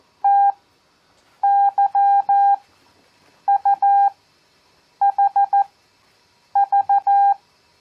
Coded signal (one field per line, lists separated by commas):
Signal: Morse code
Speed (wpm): 14 wpm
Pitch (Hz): 800 Hz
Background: none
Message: TYUHV